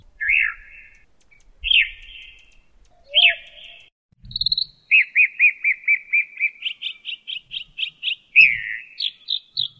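Mockingbird singing varied phrases. Several harsh, scratchy notes are spaced apart, then a high trill leads into a fast series of repeated slurred chirps that shifts to new notes near the end.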